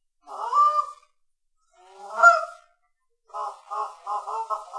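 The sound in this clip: Canada goose giving two drawn-out nasal honks, followed by a brief quicker run of shorter honks.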